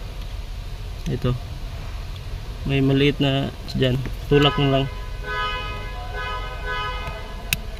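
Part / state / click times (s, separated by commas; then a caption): GPS tracker wiring connector into vehicle harness socket / seated / 7.5 s. A GPS tracker's wiring connector is pushed into the vehicle's harness socket while someone talks, and a faint tonal hum sounds in the background. A sharp, brief click comes at 7.5 seconds as the connector seats.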